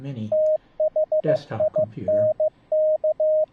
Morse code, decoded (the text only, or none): THINK